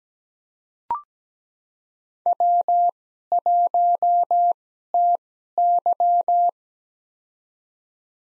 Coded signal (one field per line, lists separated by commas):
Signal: Morse code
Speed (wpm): 17 wpm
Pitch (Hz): 700 Hz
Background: none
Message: W1TY